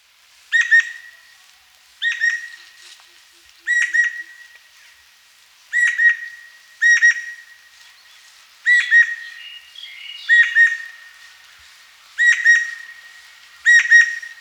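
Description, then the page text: Greater necklaced laughingthrush calls: about nine short, bright bursts of ringing stacked notes, repeated every one to two seconds, against a quiet background. "Greater Necklaced Laughingthrush Calls. Quick Sounds"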